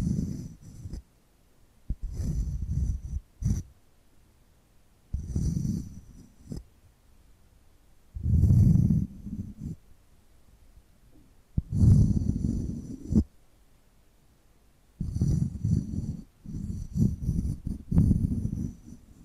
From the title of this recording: ASMR Hypnotic Tapping and Scratching Sounds